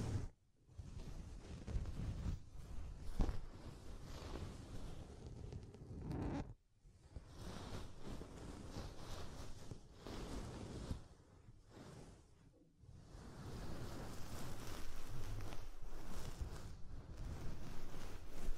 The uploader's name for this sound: ASMR Deep Ear Tingles Soft & Fluffy Triggers